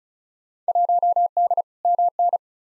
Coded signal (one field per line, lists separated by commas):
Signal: Morse code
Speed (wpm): 34 wpm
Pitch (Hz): 700 Hz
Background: none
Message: 1D MN